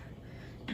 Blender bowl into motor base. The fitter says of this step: put it right in it locks into place